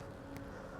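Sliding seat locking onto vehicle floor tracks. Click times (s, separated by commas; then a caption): 0.4 s. A wheelchair seat is slid forward along vehicle floor tracks after its lever is pushed down, and it locks into position. A short, faint click is heard at 0.4 s over steady background noise with a low hum, and the seat is seated.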